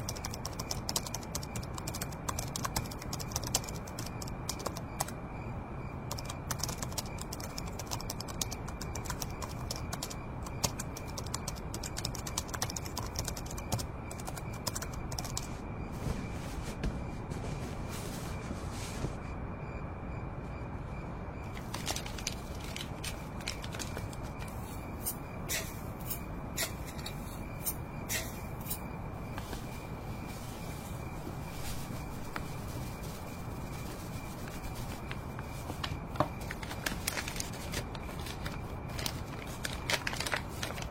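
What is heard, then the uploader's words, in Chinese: Steady late-night writing sounds with frequent quick pen scratches and taps, over a constant low hum and a faint high whine throughout. 夜间写字声翻书声。深夜宿舍学习 氛围白噪音。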